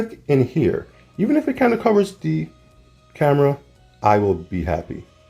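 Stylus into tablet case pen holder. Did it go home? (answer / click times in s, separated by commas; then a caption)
no / none. A stylus is being handled near the pen holder of a rugged plastic case for a Tab S8 Ultra tablet, but nothing has seated or clicked yet. Someone talks throughout, and the clip ends just before the stylus snaps into the holder.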